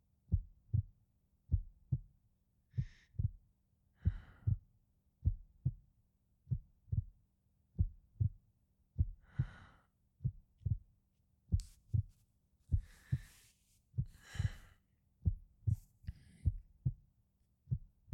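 Steady low lub-dub heartbeat, about 50 beats a minute, with soft breaths heard over it.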